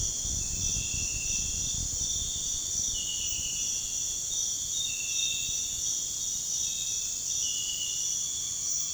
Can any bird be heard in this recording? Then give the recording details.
no. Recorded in pastures near Puerto Asís, Putumayo, Colombia, on 29 June 2025 at 05:30. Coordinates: 0.466, -76.322. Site GP07